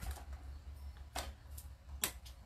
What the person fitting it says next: yeah i'm in hear that click